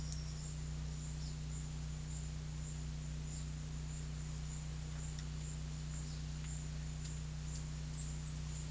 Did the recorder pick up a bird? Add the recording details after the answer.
yes. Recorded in pastures near Puerto Asís, Putumayo, Colombia, on 19 March 2025 at 11:30. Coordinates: 0.505, -76.324. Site GP08